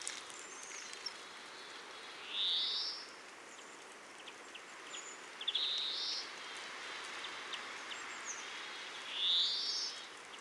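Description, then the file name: European greenfinch repeating a rising nasal wheeze three times, roughly every three to four seconds, against a constant hiss. "Chloris chloris"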